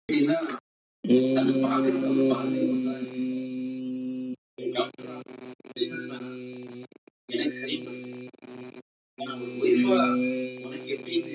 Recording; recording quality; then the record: sustained vowel as in beet; moderate, slight background noise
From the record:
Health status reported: healthy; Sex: male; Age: 44 years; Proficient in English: yes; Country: India